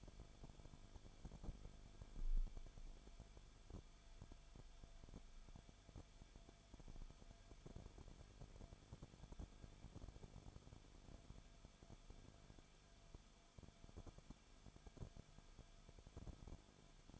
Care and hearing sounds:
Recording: daily activity, microphone in the room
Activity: no activity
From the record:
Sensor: 5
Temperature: 20.4 degrees Celsius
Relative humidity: 39.7%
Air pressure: 1010.8 hPa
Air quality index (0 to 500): 166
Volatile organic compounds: 15 ppm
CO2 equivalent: 2500 ppm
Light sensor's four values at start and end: 2/3/1/1 and 2/3/1/1

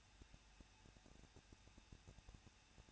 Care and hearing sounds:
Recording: daily activity, microphone in the room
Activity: no activity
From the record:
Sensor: 2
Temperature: 21.0 degrees Celsius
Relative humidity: 37.4%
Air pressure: 1006.2 hPa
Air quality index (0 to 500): 222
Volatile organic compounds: 24 ppm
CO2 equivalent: 2809 ppm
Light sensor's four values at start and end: 2/3/2/2 and 2/3/2/2

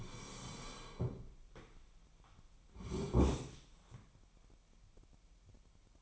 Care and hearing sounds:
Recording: daily activity, microphone in the room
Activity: sit down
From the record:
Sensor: 1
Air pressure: 998.5 hPa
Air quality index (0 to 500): 120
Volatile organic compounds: 3 ppm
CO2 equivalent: 1432 ppm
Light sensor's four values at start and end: 8/19/8/9 and 8/20/8/10

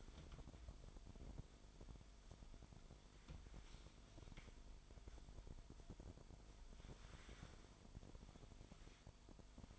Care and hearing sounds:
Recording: daily activity, microphone in the room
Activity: wipe stove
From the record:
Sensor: 5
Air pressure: 1003.3 hPa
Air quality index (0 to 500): 141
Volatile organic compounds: 2 ppm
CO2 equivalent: 1027 ppm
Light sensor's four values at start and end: 37/81/36/42 and 38/83/37/43

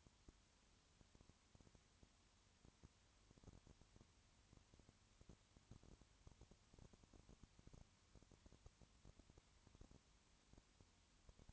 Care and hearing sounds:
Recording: daily activity, microphone in the room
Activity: no activity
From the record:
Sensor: 3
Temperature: 20.5 degrees Celsius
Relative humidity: 34.6%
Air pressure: 1001.0 hPa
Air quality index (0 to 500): 195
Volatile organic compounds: 6 ppm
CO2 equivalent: 1853 ppm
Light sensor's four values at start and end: 2/3/2/2 and 2/3/2/2

